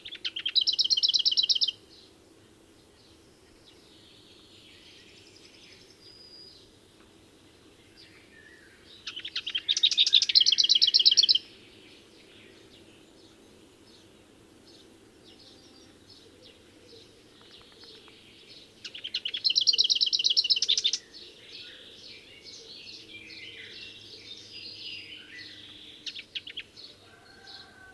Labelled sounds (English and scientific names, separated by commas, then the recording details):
Lesser Whitethroat (Sylvia curruca) song
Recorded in the wild
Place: Glowe, Insel Rügen, Mecklenburg-Vorpommern, DE
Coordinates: 54.574, 13.433
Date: 1975-07-08 04:17
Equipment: Nagra III BH, Sennheiser MD 21, parabola
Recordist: Schubert, Michael
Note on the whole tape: Gesang Klappergrasmücke